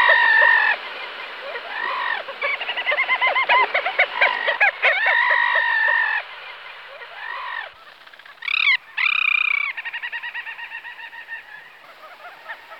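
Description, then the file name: Little auk chatter: a thick chorus of buzzy, harmonic calls from many birds, with scattered short notes toward the end. "Alkoun maly Alle alle"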